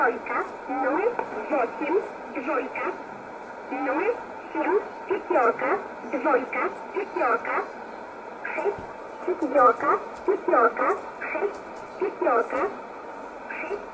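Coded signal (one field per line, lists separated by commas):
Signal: numbers station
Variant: S11a Cherta, Russian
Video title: 01 06 2020 S11a Cherta Numbers station in Russian 0708 on 9339 unknown tx site in USB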